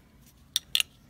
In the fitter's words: and a Marlin's bike and the Funky blade that I showed and that also locks in place here too anyway